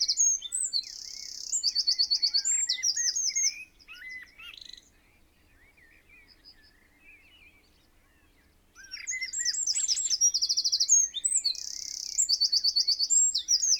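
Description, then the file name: Eurasian wren song, a rapid high rattling trill with buzzy runs, given twice with a pause of several seconds filled by faint bird notes. "Troglodytes troglodytes"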